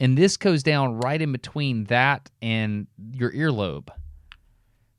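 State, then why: Seated. Someone talks as a Raycon wireless earbud is fitted into the ear and rotated into its indexed radial seat. A small plastic click sounds at 4.3 s, confirming the earbud is seated.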